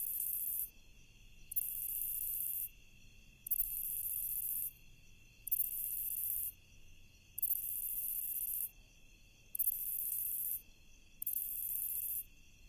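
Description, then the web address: Lesser pine katydid song: loud high-pitched raspy buzzes lasting about a second, separated by short gaps, regular pulsing rhythm over quiet low background noise. Recorded in North America. "Songs of Insects. Lesser Pine Katydid"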